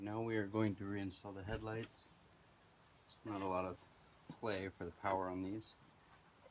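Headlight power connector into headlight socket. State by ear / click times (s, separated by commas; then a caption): not seated / none. Someone talks while reinstalling a Hyundai Santa Fe headlight, handling the headlight power connector as it is pushed toward the headlight socket with little slack in the wiring. Only speech is heard, with quiet pauses between phrases. The connector has not snapped in yet, and nothing has seated or clicked.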